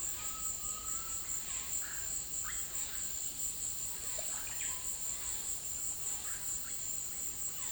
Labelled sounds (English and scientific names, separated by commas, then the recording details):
Undulated Tinamou (Crypturellus undulatus), Violaceous Jay (Cyanocorax violaceus), Russet-backed Oropendola (Psarocolius angustifrons)
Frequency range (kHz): Undulated Tinamou (Crypturellus undulatus) 0.8-1.8 kHz; Violaceous Jay (Cyanocorax violaceus) 0.5-4.3 kHz; Russet-backed Oropendola (Psarocolius angustifrons) 1.2-2.3 kHz
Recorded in dense forest near Puerto Asís, Putumayo, Colombia, on 21 February 2024 at 16:30
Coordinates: 0.502, -76.324
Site G6370